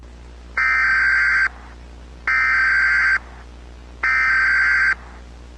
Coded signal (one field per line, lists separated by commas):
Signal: Emergency Alert System (SAME) tones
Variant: header bursts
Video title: Shattered Dawn [EAS Scenario/Analog Horror] - Foxtrot Foundation